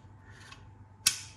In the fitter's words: clac, ça se clipse. C'est vraiment très bien fait.